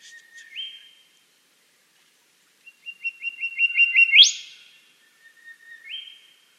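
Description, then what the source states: Western Whistler song: a flat whistle with an upward slur, then a series of ringing notes ending in a loud upward whip, followed by another slurred whistle. Recorded at Dryandra Woodland National Park, Western Australia; call similar to the Golden Whistler.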